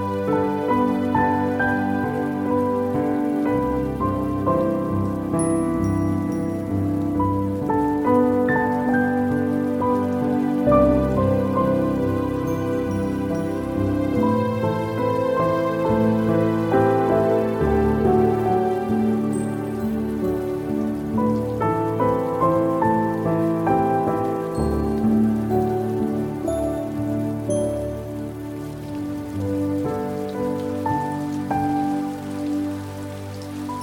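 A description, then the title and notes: Soft piano plays sustained, overlapping chords in a slow, steady flow over a constant hiss of rain, fading slightly near the end. 秋天的雨夜.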